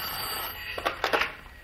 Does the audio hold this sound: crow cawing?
no